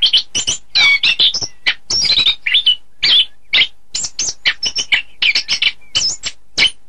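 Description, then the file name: Orange-headed thrush song: a rapid, continuous run of varied high notes, chirps, slurred whistles and short trills, with barely a pause between phrases. "anis kembang"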